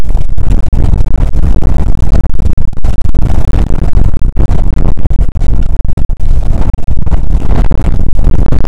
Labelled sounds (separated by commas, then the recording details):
wind
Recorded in the Prudhoe Bay oil fields, Alaska, on 2 August 2019 at 01:31
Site 29